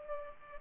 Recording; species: mosquito wingbeat signal from an infrared sensor; Culex pipiens